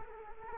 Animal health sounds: mosquito wingbeat signal from an infrared sensor; Culex quinquefasciatus

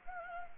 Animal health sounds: mosquito wingbeat signal from an infrared sensor; Anopheles arabiensis

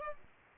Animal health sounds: mosquito wingbeat signal from an infrared sensor; Aedes aegypti

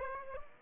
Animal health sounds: mosquito wingbeat signal from an infrared sensor; Aedes aegypti

